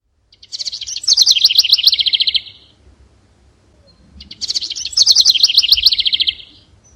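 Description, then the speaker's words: House wren singing two bubbling, rapid trilled song phrases, each about two seconds long, separated by a short pause. Male house wren. "You may identify him by his cool-looking tail, but everyone knows this house wren by his song."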